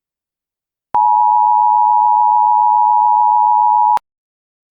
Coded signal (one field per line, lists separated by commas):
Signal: Emergency Alert System (SAME) tones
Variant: 853 and 960 Hz attention tone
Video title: EAS Scenario: Underground Monster - Final Hours Of Chaos